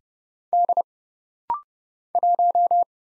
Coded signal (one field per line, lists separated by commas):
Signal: Morse code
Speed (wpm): 30 wpm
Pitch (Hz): 700 Hz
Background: none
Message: D 1